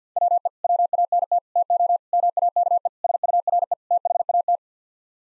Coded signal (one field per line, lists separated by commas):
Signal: Morse code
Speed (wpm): 50 wpm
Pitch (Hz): 700 Hz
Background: none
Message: WE WANT TO MAKE SURE THAT